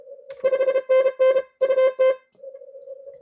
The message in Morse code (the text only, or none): 5NN UT